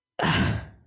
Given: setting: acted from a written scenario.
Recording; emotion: vocal sound without words; contempt